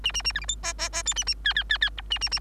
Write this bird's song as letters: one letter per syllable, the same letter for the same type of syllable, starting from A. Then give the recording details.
A A A B C D E E E F A A G G G G H A A A. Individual Bird3